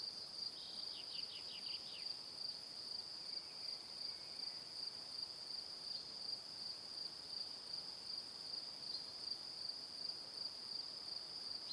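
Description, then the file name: Crickets trilling in an unbroken high chorus, rhythmically pulsing; early on a brief run of quick descending notes sounds over them. Evening. "Calm - Evening Crickets"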